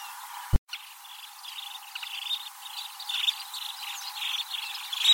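Bird chirps, short high notes repeated in uneven runs, with a sharp click near the start.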